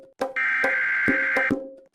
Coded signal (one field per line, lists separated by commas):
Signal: Emergency Alert System (SAME) tones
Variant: header bursts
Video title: Emergency Alert System